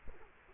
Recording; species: mosquito wingbeat signal from an infrared sensor; Culex quinquefasciatus